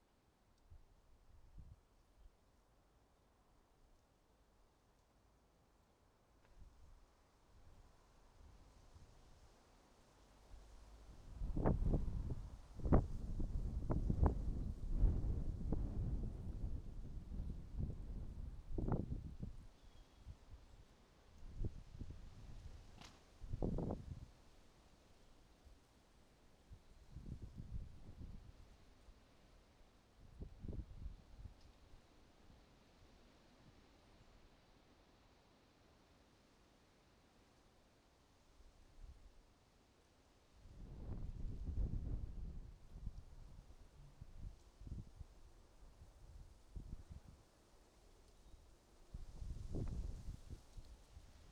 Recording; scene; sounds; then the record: everyday scene through a hearing-aid microphone; wind on the microphone; wind, traffic, birds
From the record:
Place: suburban garden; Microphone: in the ear canal, right